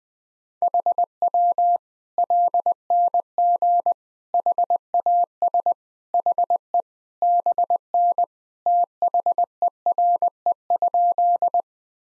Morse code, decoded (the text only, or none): HW LNG HAS HE BN THERE?